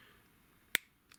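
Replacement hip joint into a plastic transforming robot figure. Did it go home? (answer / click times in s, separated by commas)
yes / 0.8 s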